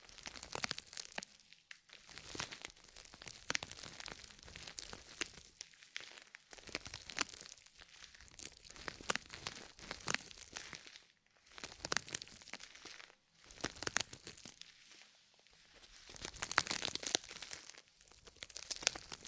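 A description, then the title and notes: Deep ear massage: dense bursts of bright crinkling and crunching rubs come in irregular waves, with brief near-silent pauses around 11 and 13 seconds. ASMR Sleep With Deep Ear Massage (No Talking).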